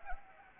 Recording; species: mosquito wingbeat signal from an infrared sensor; Anopheles gambiae